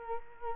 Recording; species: mosquito wingbeat signal from an infrared sensor; Culex quinquefasciatus